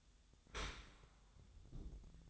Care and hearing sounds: daily activity, microphone in the room; open dishwasher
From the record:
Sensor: 3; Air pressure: 1004.6 hPa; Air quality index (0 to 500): 108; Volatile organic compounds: 5 ppm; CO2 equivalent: 1705 ppm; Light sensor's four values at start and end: 7/17/7/6 and 7/17/7/6

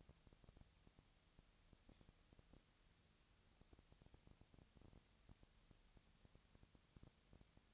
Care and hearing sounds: daily activity, microphone in the room; no activity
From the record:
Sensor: 3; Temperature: 20.6 degrees Celsius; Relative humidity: 35.7%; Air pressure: 998.8 hPa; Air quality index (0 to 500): 235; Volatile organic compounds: 71 ppm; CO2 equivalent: 3525 ppm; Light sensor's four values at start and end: 2/3/2/2 and 2/3/2/2

